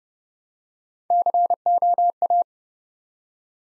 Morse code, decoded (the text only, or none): COA